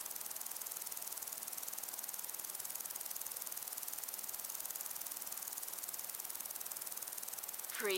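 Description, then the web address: Crickets chirp in a fast, high, pulsing chorus throughout, with a sudden brief louder sound at the very end. Crickets and other insects in windy long grass. "beanstalk-audio Crickets and insects in windy long grass"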